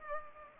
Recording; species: mosquito wingbeat signal from an infrared sensor; Culex pipiens